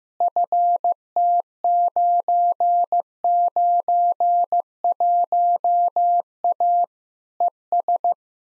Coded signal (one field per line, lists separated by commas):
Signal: Morse code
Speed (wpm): 15 wpm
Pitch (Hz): 700 Hz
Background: none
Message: FT991A ES